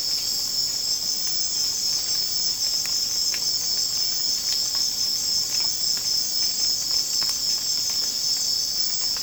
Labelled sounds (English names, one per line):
none